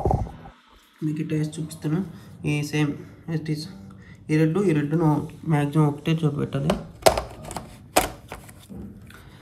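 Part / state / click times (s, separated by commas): interchangeable lens into camera body mount / seated / 8.0 s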